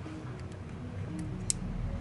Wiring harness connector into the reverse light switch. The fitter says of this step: que haga clic y ya y ya está